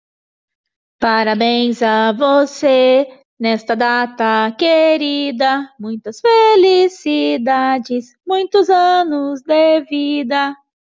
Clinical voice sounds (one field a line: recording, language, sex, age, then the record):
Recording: short text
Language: Brazilian Portuguese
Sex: female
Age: 30 to 39 years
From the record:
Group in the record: control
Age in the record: 38 years